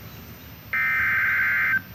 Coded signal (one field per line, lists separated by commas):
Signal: Emergency Alert System (SAME) tones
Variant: header bursts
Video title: (EAS #45) Severe Thunderstorm Warning for Jefferson, Walworth, Waukesha, and MY COUNTY! (Rock, WI)